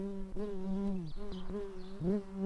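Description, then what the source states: Common carder bee buzzing steadily, a low droning hum with strong harmonics that briefly dips and wavers several times before resuming. Workers.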